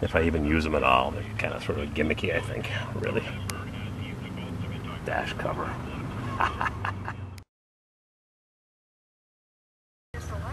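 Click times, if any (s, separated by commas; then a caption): 6.6 s, 6.9 s, 7.1 s, 7.4 s. A plastic dash cover is pressed back onto a car dashboard while someone talks. Sharp clicks at 6.6, 6.9, 7.1 and 7.4 seconds are its retaining clips snapping in. The clips are confirmed all snapped back in, so the cover is seated.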